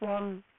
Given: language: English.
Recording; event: throat vibration sensor signal played as sound; speech